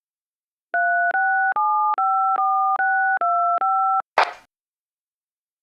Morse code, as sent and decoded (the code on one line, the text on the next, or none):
none